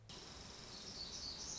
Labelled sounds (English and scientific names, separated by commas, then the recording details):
Black-throated Gray Warbler (Setophaga nigrescens)
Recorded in Sonoma County, California